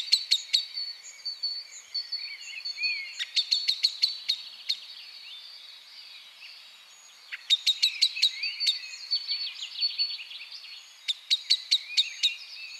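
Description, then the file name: Common blackbird giving bursts of sharp chinks. Several fast runs of clicking notes are separated by short pauses, with faint birdsong and a continuous high hum behind. "Turdus merula"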